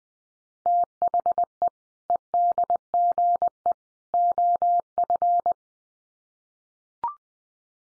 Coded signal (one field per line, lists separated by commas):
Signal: Morse code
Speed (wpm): 20 wpm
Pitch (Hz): 700 Hz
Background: none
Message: THE EDGE OF